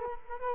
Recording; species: mosquito wingbeat signal from an infrared sensor; Culex quinquefasciatus